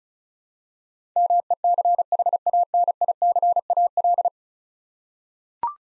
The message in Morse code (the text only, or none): MECHANICAL